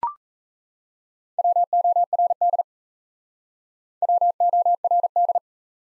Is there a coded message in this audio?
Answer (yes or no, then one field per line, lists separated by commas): yes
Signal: Morse code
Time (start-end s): 1.4-5.4 s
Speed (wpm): 38 wpm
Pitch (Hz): 700 Hz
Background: none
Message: WORD WORD